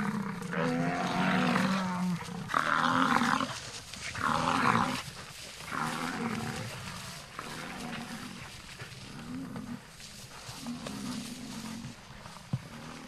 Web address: american bison